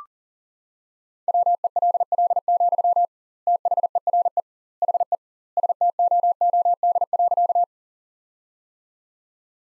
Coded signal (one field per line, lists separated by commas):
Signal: Morse code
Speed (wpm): 40 wpm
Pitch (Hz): 700 Hz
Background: none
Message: WELL, THERE HE STOOD.